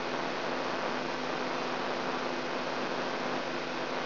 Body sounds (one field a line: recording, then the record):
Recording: brain microelectrode recording played as sound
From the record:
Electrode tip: inside the subthalamic nucleus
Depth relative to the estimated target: 0 mm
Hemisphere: left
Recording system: AlphaMap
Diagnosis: Parkinson's disease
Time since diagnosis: 16 years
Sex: female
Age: 67 years